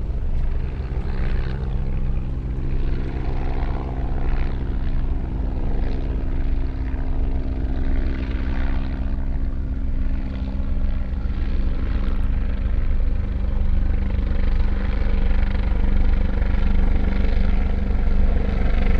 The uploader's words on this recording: Soundscape dominated by three helicopters circling overhead and to the southwest of the Lake Biwa shoreline in Kusatsu. Audio was captured by a Sony PCM-M10 recorder and two Micbooster Clippy omnidirectional mics attached to a bicycle handelbar bag for a quasi-binaural sound image.